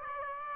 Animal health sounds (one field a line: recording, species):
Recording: mosquito wingbeat signal from an infrared sensor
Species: Aedes aegypti